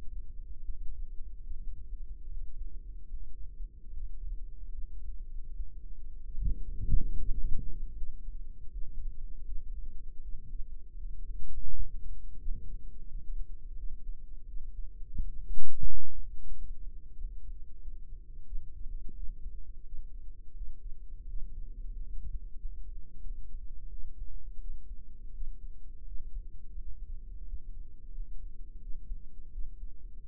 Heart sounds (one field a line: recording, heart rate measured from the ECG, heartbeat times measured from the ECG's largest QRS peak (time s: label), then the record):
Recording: heart sounds by microphone in the right ear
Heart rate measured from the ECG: 83 bpm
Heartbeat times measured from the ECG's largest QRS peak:
0.61 s: heartbeat
1.43 s: heartbeat
2.24 s: heartbeat
3.06 s: heartbeat
3.89 s: heartbeat
4.71 s: heartbeat
5.52 s: heartbeat
6.34 s: heartbeat
7.14 s: heartbeat
7.92 s: heartbeat
8.68 s: heartbeat
9.42 s: heartbeat
10.19 s: heartbeat
10.95 s: heartbeat
11.70 s: heartbeat
12.38 s: heartbeat
13.05 s: heartbeat
13.74 s: heartbeat
14.44 s: heartbeat
15.17 s: heartbeat
15.85 s: heartbeat
16.51 s: heartbeat
17.15 s: heartbeat
17.78 s: heartbeat
18.43 s: heartbeat
19.12 s: heartbeat
19.81 s: heartbeat
20.52 s: heartbeat
21.24 s: heartbeat
21.91 s: heartbeat
22.56 s: heartbeat
23.20 s: heartbeat
23.87 s: heartbeat
24.57 s: heartbeat
25.30 s: heartbeat
26.03 s: heartbeat
26.76 s: heartbeat
27.44 s: heartbeat
28.10 s: heartbeat
28.77 s: heartbeat
29.49 s: heartbeat
30.26 s: heartbeat
From the record:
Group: healthy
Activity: Valsalva maneuver 0-7 s, rest 7-30 s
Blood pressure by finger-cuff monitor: 103/56 mmHg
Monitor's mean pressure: 71 mmHg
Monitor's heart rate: 83 bpm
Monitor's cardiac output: 7.3 L/min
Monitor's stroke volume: 85 mL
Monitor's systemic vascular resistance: 710 dyn s/cm5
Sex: female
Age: 26 years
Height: 165 cm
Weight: 55 kg